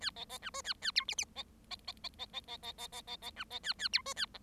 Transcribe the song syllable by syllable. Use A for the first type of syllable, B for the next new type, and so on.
A B B C D A A E F F B B B B B B B B B B B B C B A A E D A G